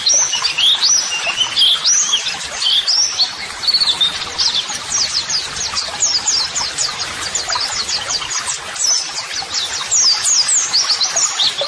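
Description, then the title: White-eye song: piercing high chirps and fast trilled runs, dense and constant. White-eye singing vigorously ('gacor'), used as a model song (masteran) for training. "Pleci Gacor MASTERAN TERAPI PLECI"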